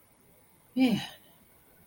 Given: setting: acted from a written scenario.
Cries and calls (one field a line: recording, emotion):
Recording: vocal sound without words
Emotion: serenity